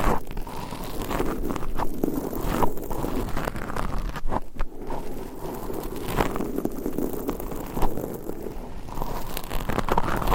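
Long nails scratch across a microphone in a dense, continuous rasp of quick uneven strokes, briefly easing just past the halfway mark.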